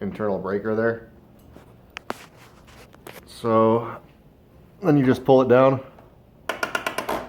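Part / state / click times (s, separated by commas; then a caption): cord reel ratchet pawl locking the extended cord / seated / 6.5 s, 6.6 s, 6.8 s, 6.9 s, 7.0 s. A man talks while pulling a Flexzilla retractable extension cord down off its wall-mounted reel. A quick train of ratchet clicks sounds at 6.5, 6.6, 6.8, 6.9 and 7.0 seconds as the reel's ratchet pawl latches. The latch holds the extended cord at that length.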